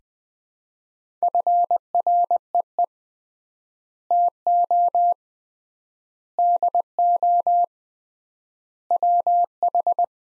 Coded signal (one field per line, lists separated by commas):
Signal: Morse code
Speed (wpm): 20 wpm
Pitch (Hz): 700 Hz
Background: none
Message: FREE TO DO WH